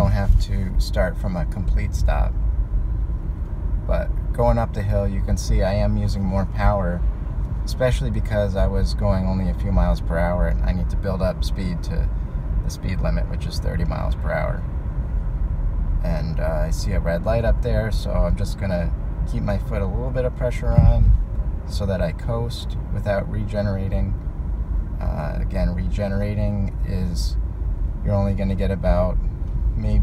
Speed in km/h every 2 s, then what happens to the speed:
34, 37, 39, 42, 44, 45, 45, 48, 45, 44, 40, 39, 35, 34, 32.
0-7 speeds up to 44. 7-15 steady at about 45. 15-30 slows to 32.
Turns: none.